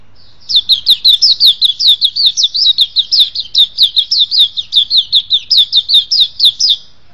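Oriental magpie-robin delivering a long, brisk chain of high, twisting whistles, steady and energetic throughout.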